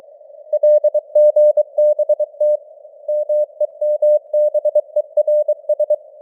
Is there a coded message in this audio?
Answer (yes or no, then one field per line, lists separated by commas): yes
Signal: Morse code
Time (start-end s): 0.5-5.9 s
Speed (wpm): 23 wpm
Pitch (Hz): 600 Hz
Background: none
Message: LGBT MEMBERS